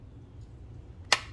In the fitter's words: the t-rex sidecar same thing you get an audible click